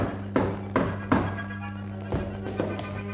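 Knocking on a front door: three firm knocks, a pause, then three more, each a dull thud over a steady low hum.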